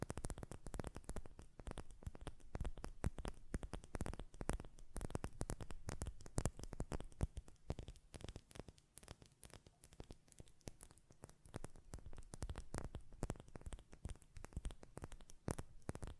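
A glass perfume bottle is tapped in a fast, dense stream of crisp clicks that continues without pause for the whole stretch.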